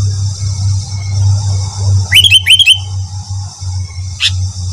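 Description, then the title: Sooty-headed bulbul song: a quick phrase of bubbly, rising whistled notes, then a single sharp click, over a steady low hum. "Kutilang"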